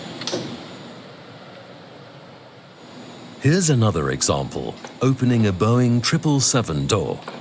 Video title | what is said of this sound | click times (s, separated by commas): SWISS Tarmac Safety Chi sub | make sure you hear it click into place | 0.3 s